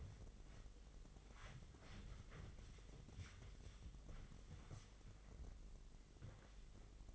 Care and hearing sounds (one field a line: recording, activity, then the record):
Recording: daily activity, microphone in the room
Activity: wipe stove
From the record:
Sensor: 4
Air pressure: 996.9 hPa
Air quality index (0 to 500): 92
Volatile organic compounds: 5 ppm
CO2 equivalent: 1784 ppm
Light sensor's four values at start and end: 17/47/17/19 and 16/44/16/18